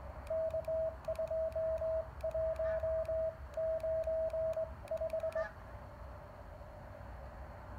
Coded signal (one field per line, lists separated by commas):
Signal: Morse code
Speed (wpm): 17 wpm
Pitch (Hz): 660 Hz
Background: radio noise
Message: K2195